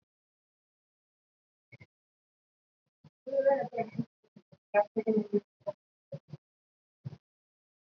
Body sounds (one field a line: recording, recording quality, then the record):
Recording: deep breathing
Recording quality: poor, much background noise or distortion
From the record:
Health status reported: COVID-19 positive, mild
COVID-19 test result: positive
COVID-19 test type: RT-PCR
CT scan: not taken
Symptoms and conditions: cough, fever, fatigue, muscle pain, asthma, hypertension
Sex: male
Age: 28 years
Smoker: no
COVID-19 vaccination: both doses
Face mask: worn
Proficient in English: yes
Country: India